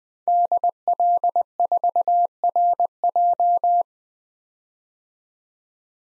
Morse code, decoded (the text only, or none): DL4RJ